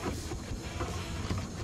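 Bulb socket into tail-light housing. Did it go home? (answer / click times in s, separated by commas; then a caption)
no / none. A tail-light bulb socket is pushed back into its plastic housing against steady low rumbling, broadband noise with no sharp transient. It sits in position, but nothing has seated with a click.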